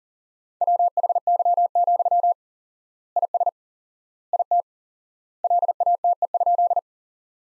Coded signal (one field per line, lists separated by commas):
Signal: Morse code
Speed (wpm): 40 wpm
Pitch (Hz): 700 Hz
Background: none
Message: WHY, IS IT LATE?